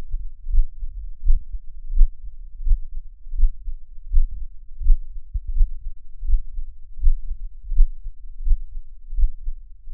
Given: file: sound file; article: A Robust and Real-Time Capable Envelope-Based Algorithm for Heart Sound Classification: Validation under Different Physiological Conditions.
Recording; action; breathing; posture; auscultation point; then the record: heart sounds by electronic stethoscope; after 5 min of sport; deep; sitting; Erb’s point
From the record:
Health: healthy, no known heart disease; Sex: male